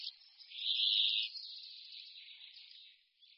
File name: Pěnkava-jikavec